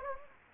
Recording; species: mosquito wingbeat signal from an infrared sensor; Anopheles gambiae